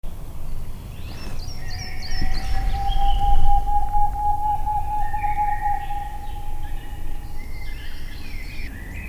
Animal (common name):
Boreal Owl